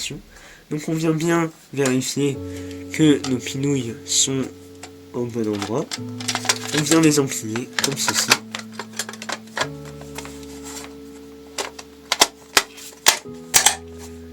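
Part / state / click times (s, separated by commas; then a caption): emergency lighting unit onto its pin base / seated / 12.1 s. Someone talks over background music while checking that the pins of a Ura 111 013 emergency lighting unit (BAES) are in the right place, then pushes the unit onto its pin mounting base. A sharp clack at 12.1 s shows the unit is properly engaged on its base, followed by a few more short clicks.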